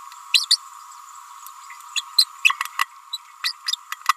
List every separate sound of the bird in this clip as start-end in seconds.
0.34-0.46, 0.50-0.57, 1.96-2.02, 2.18-2.26, 3.13-3.17, 3.43-3.53, 3.67-3.71